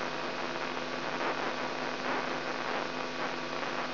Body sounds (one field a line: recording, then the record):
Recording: brain microelectrode recording played as sound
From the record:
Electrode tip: inside the subthalamic nucleus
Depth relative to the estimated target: -4.2 mm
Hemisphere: left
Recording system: AlphaMap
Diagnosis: Parkinson's disease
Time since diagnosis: 16 years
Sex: male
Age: 67 years